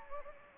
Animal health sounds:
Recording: mosquito wingbeat signal from an infrared sensor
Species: Anopheles gambiae

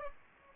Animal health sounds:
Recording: mosquito wingbeat signal from an infrared sensor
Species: Aedes aegypti

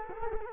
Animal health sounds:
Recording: mosquito wingbeat signal from an infrared sensor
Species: Culex quinquefasciatus

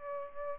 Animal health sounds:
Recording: mosquito wingbeat signal from an infrared sensor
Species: Aedes albopictus

